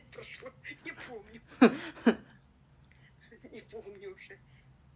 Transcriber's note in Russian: смеётся